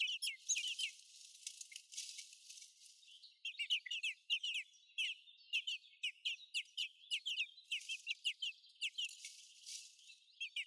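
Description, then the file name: Eurasian blackbird calls: crackly rattling noise at first, then a steady run of brief, high, downslurred chips. "Turdus merula"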